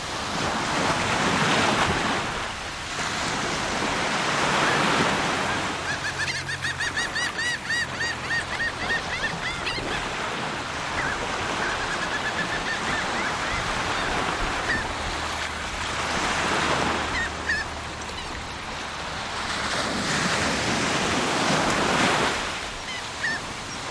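Waves on the Atlantic coast of Portugal rush and break in broad, hissing surges roughly every four to five seconds, with quieter wash between them. A high, chirping tonal call stands out between about six and nine seconds, and a faint low hum runs underneath at times.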